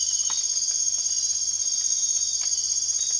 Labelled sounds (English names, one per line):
none